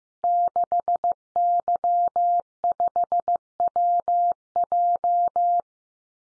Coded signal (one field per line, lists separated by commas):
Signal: Morse code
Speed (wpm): 15 wpm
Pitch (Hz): 700 Hz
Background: none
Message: 6Y5WJ